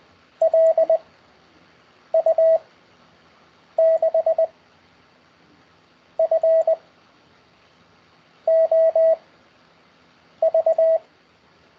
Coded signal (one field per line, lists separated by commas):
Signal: Morse code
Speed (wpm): 20 wpm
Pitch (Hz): 650 Hz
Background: none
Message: L U 6 F O V